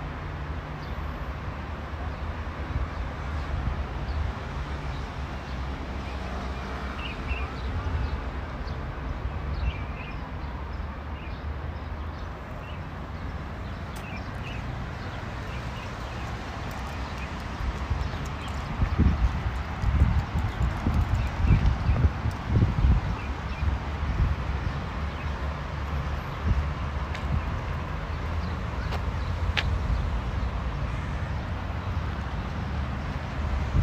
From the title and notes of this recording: City Park Sounds. Walking In Modiin, Israel.